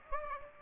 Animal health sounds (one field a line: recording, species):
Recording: mosquito wingbeat signal from an infrared sensor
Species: Aedes aegypti